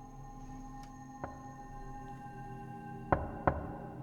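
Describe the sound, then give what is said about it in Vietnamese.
Knocking on a door: one soft rap, a pause, then two louder knocks in quick succession, over a steady low hum with no talking. “Rất nhanh sau đó, tiếng gõ cửa lại vang lên.”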